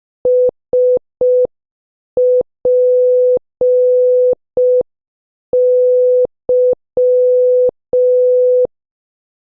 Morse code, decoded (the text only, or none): SPY